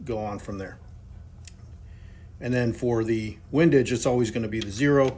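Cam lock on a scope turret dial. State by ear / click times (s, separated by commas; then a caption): seated / 1.5 s. Someone talks, then in a pause a short, sharp click at 1.5 s marks the cam lock on a scope turret dial closing after the dial has clicked into place at the one position. The talking then resumes, and the cam lock is seated.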